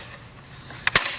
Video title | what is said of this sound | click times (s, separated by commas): JHM B6-B7 S4 ECU Removal (Customer How To) | you'll see right here there's a spot for it to grab onto and snap in place so you got to do the same thing on that side | 0.9 s, 1.0 s